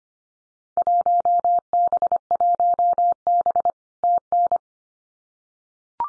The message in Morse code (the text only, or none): 1B1B TN